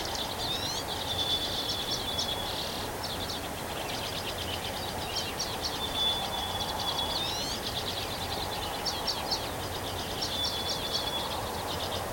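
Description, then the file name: Overlapping bird songs of fast buzzy trills and brief upslurred notes, with a high pure whistle every few seconds, over a steady noise bed. Recorded on 3 May 2023. "bird song 20230503"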